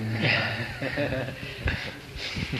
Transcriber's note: laughter